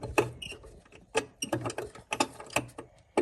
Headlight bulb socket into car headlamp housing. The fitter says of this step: now I got to turn it until it snaps back